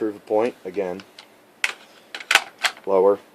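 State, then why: Not seated. Someone talks while handling an E-Lander stainless steel USGI-style M16 magazine at a bare lower receiver, with sharp knocks near 1.6 s and between 2.2 s and 2.4 s. The clip ends just before the magazine goes home, and nothing has seated or clicked yet.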